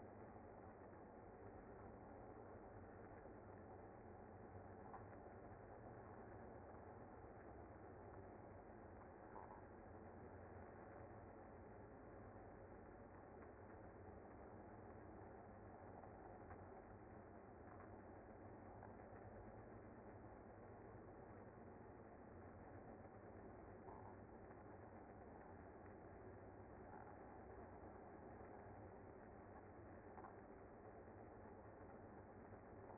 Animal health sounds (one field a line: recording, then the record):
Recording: honeybee colony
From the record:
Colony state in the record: active